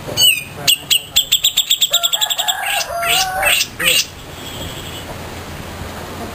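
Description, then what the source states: Grey-cheeked bulbul song: a quick string of sharp repeated notes gives way to a few louder slurred chirps, then background hum. Song style locally called resing.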